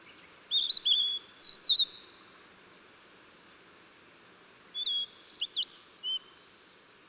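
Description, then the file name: Blue-and-white flycatcher song in two phrases: slurred whistled notes, a pause of about three seconds, then further whistles ending in a high buzzy rattle. Recorded 14 June 2009. "20090614 ooruri"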